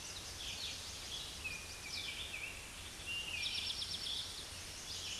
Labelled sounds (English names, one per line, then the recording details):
Eastern Towhee song
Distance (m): 50 m
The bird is about 15 m above the microphone
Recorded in a Pennsylvania forest on 16 May 2024 at 06:37
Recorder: AudioMoth, point MSD-1295
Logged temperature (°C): 13.7 °C
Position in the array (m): 212 m, 125 m